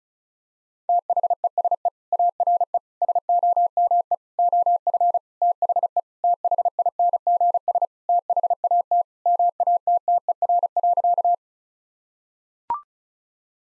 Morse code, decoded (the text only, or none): THESE ARE SOME OF THE THINGS THAT MATTER.